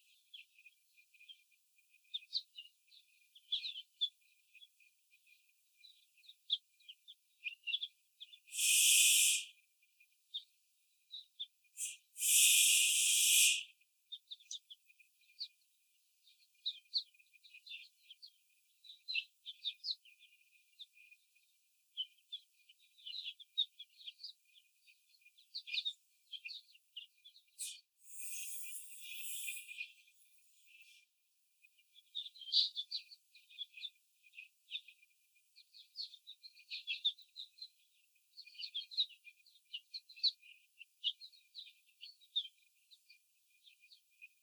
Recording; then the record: young laying hens in a cage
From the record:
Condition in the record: before the stressor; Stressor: simulated dog barking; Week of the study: 4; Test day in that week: 2